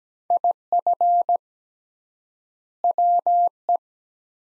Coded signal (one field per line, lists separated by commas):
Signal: Morse code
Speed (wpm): 17 wpm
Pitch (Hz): 700 Hz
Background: none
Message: IF WE